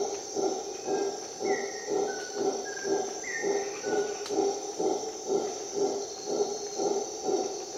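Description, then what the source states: Howler monkey roaring in rhythmic, throaty pulses about twice a second, with a steady high insect drone and short whistled bird notes above. Howler monkeys calling at dawn in the Costa Rica jungle, on an expedition.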